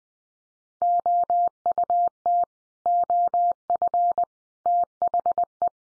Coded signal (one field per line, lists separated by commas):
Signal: Morse code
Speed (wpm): 19 wpm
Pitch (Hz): 700 Hz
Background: none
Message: OUT OF THE